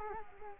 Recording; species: mosquito wingbeat signal from an infrared sensor; Culex quinquefasciatus